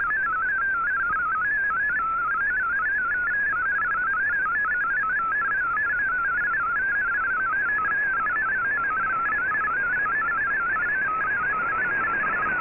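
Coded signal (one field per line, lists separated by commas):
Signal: multi-tone FSK (Olivia or MFSK type)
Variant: MFSK32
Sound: rapid warbling tone jumping between many close pitches, continuous, over hiss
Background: radio static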